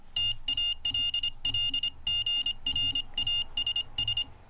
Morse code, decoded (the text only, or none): TALLGRASS